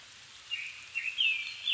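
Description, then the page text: Japanese thrush song: brief clear whistles and a falling warbled note in quick succession over steady hiss. Recorded 7 May 2011 at 17:59, evening; altitude 270 m; Sony PCM-D50 recorder with Panasonic WM-61A mic. "Turdus cardis [Sounds -Nikko Today-]"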